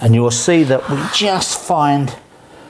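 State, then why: Not seated. A Karndean Palio Clic luxury vinyl click-lock plank is being handled at its end joint, lined up to lock into the adjoining plank. Someone talks throughout. Nothing has seated or clicked yet.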